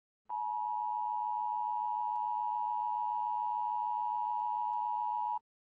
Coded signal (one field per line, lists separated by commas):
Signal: Emergency Alert System (SAME) tones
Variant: 853 and 960 Hz attention tone